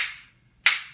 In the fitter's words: you hear in a couple of seconds you'll hear two clicks